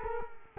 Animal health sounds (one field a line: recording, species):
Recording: mosquito wingbeat signal from an infrared sensor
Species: Culex quinquefasciatus